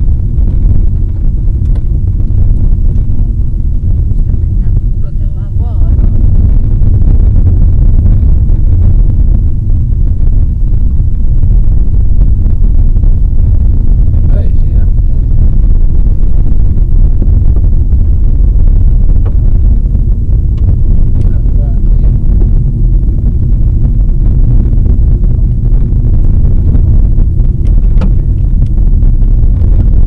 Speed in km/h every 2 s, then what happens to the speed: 45, 45, 45, 41, 42, 40, 30, 38, 33, 38, 53, 55, 52, 49, 48.
0-11 steady at about 42. 17-22 speeds up to 55. 22-30 slows to 48.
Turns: none.